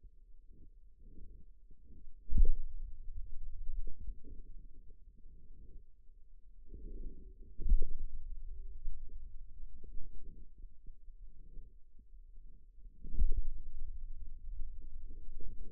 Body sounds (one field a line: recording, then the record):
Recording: forearm muscle sounds (acoustic myography)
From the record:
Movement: pen grasping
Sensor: system 2, bracelet of six BSWA MPA416 microphones around the upper forearm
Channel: 5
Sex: male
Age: 22 years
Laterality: right